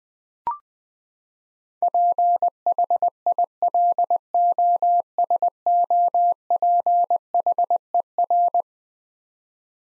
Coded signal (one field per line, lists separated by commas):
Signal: Morse code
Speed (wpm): 20 wpm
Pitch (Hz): 700 Hz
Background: none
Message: PHILOSOPHER